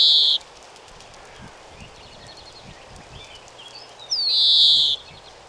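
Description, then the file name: European greenfinch: the end of one buzzy wheeze, then a quiet spell of faint twitters before another long, rising, nasal wheeze. "Chloris chloris"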